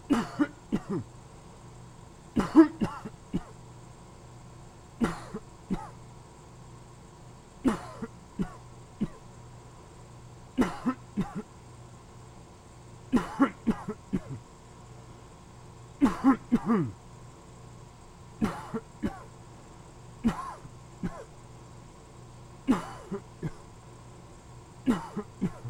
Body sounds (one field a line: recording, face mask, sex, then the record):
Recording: voluntary coughing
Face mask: surgical mask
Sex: male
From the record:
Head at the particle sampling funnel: turned sideways, cheek in front of it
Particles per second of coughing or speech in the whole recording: 6.28